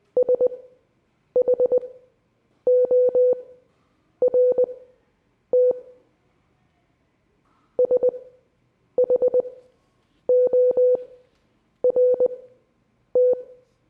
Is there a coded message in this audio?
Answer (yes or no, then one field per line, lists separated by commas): yes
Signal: Morse code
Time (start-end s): 0.2-13.3 s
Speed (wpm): 20 wpm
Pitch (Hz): 500 Hz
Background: none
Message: SHORT SHORT